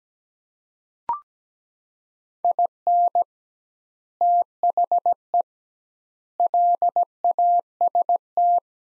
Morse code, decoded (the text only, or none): IN THE LAST